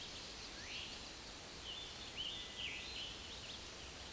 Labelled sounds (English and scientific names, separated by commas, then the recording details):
Scarlet Tanager (Piranga olivacea) song
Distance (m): 75 m
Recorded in a Pennsylvania forest on 19 May 2023 at 11:00
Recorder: AudioMoth, point grid1_34_low
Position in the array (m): 186 m, 40 m